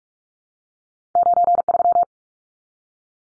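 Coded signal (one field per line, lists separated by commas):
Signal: Morse code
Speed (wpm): 44 wpm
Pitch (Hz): 700 Hz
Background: none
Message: 93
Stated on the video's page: Morse drill at 45 wpm: two-digit numbers sent, spoken, then sent again, for head-copy practice.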